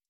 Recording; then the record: hydrophone in a shrimp aquaculture tank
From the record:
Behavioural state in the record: stressed